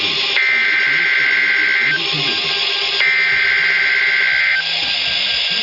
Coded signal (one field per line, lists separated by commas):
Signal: Emergency Alert System (SAME) tones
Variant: header bursts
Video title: EAS Alert #21 - Tornado Watch #2 5/19/13